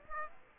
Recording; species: mosquito wingbeat signal from an infrared sensor; Aedes aegypti